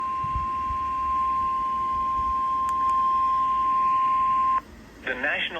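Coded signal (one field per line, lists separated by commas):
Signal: Emergency Alert System (SAME) tones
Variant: 1050 Hz attention tone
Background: speech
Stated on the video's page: Severe thunderstorm warning received on NOAA Weather Radio station KIG86.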